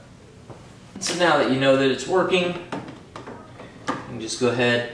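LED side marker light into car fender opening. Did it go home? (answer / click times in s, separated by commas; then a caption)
no / none. An LED side marker light housing is handled at its opening in a car's fender, where it is to be pushed in until its retaining clips snap in. Someone talks over faint handling noises, with a short sharp sound near 3.2 s. Nothing has seated or clicked yet.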